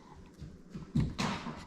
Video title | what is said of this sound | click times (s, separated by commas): Intel NUC NUC8I7hvk unboxing build real world review Can a mini gaming pc edit 4k videos in BUDGET | Put it in on an angle like that and snaps right in. | 1.2 s